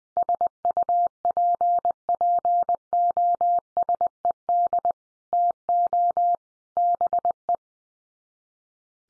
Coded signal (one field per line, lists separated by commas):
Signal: Morse code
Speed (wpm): 20 wpm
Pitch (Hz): 700 Hz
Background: none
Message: SUPPOSED TO BE